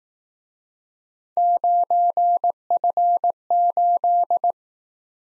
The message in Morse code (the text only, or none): 9F8